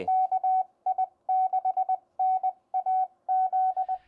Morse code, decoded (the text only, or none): KI6NAZ